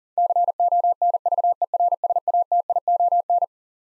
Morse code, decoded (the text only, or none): CONVERSATION